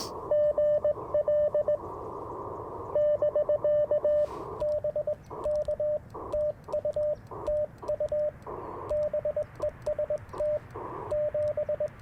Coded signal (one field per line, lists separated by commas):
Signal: Morse code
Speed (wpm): 18 wpm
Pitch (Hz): 600 Hz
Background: radio noise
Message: GL <BK> BK TU TU BEST 7